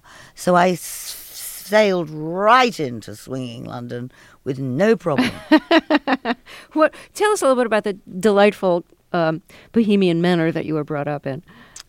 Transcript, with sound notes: So I sailed right into swinging London with no problem.
(Laughter) What - tell us a little bit about the delightful Bohemian manner that you were brought up in.